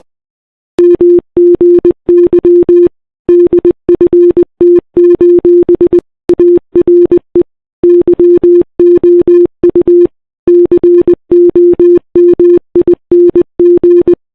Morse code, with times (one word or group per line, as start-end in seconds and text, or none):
0.8-2.9 MGY
3.3-6.0 DFT:
6.3-7.4 ARE
7.8-10.1 YOU
10.5-14.1 COMING